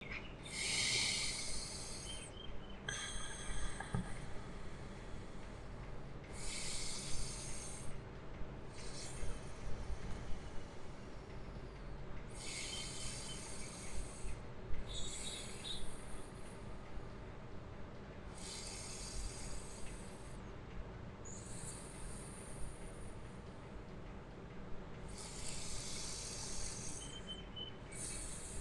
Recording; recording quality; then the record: deep breathing; excellent, no background noise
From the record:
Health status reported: recovered from COVID-19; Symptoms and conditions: none ticked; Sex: male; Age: 20 years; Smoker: not ticked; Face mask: not worn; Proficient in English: yes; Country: India